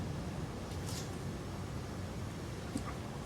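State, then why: Not seated. A plastic wiring harness connector is being handled near the ignition coil of a 2010–2013 Acura ZDX during spark plug and ignition coil replacement, but it has not yet been pushed onto the coil to latch. A steady low broadband hum fills the clip, with faint brief scrapes around 0.9 s and 2.8 s. Nothing has seated or clicked yet.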